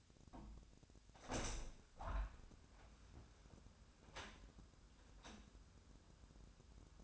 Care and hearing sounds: daily activity, microphone in the room; open window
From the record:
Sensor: 2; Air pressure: 1006.4 hPa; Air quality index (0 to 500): 198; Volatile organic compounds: 13 ppm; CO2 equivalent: 2410 ppm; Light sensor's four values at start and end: 8/21/8/9 and 9/21/9/9

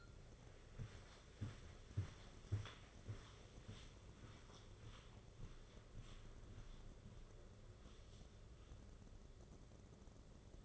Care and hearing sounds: daily activity, microphone in the room; walk to room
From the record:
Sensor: 4

